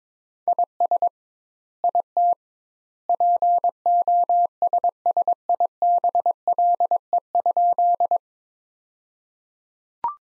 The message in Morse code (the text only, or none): IS IT POSSIBLE?